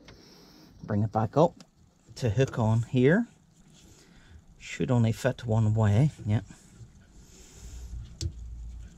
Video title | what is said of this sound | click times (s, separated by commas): Mazda Bongo / Friendee / Ford Freda: New Fuel Filter time! | the little uh ribs on it and make sure you put it in the right way until it clicks yep | 8.2 s